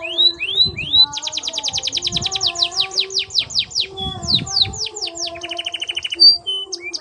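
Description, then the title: Belgian canary delivering varied rolling tours: slurred notes, then fast sweeping trills, a buzzy rattle and short whistled notes near the end. Belgian canary warm-up song used for masteran tutoring, a long rolling song meant to help young canaries start singing quickly. "Canto Para Esquentar Canário Belga. Kenari AF gacor panjang untuk masteran, Kenari muda cepat gacor ngerol panjang"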